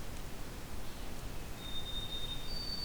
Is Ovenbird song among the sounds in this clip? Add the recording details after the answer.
no. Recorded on 2 June 2016 at 07:57. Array SBT-3-7